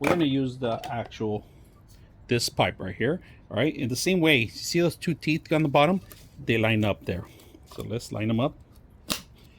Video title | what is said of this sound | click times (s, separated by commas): ElecKeys Foldable Cordless Vacuum | Locks in place. | 9.1 s